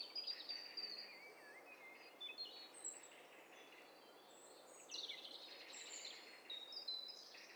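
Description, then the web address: Birds calling together, several overlapping high chirps and twittering trills in bursts, over a faint steady hiss. Several birds calling at once; stereo recording. "Hi Fi STEREO BIRD COCKTAIL PARTY Challenge"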